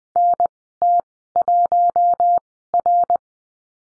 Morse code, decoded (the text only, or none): NT1R